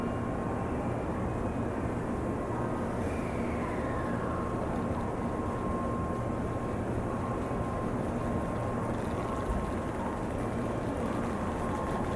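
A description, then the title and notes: A steady, dense rumble of train noise fills the whole stretch, heavy in the low end with little change in level. A thin steady tone holds throughout, and around three seconds a brighter whine slides downward, like a train braking or moving off. TRAIN STATION IN JAPAN AMBIENCE.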